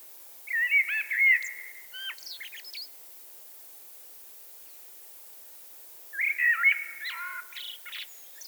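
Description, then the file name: Eurasian blackbird song: two separate phrases, each a rich fluted warble running into a high, scratchy twitter, with several seconds of quiet between them. "Turdus merula"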